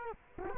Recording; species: mosquito wingbeat signal from an infrared sensor; Culex quinquefasciatus